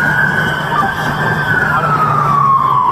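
police car siren

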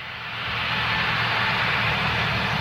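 jet airplane engine

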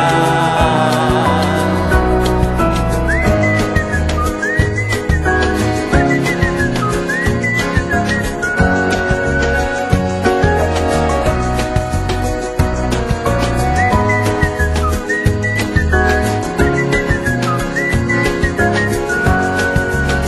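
whistling a melody

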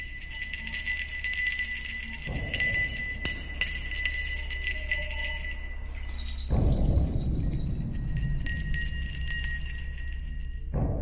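hand bell ringing

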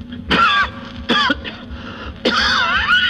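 cough

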